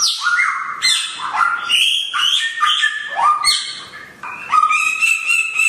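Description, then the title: Songbird: bird singing rich notes that swoop upward and downward in quick succession, nearly continuous throughout. Songbird named Samyong, said to be worth one billion, singing actively (gacor) with piercing volume (volume tembus). "SAMYONG GACOR VOLUME TEMBUS [Burung Kicau"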